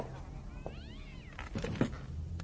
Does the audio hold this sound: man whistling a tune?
no